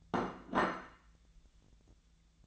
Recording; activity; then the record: daily activity, microphone in the room; place plate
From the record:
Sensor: 3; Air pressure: 1000.2 hPa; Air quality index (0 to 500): 141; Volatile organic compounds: 2 ppm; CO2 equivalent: 1249 ppm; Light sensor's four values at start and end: 34/85/37/39 and 34/86/37/39